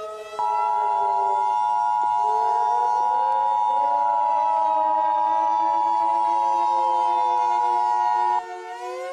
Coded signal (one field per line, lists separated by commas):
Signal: Emergency Alert System (SAME) tones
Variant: 853 and 960 Hz attention tone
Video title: The Nuclear Supervolcano: An EAS Scenario